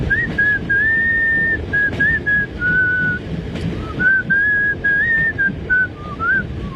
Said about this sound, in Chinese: 想到今天和女朋友的约会，不禁快乐地吹起口哨。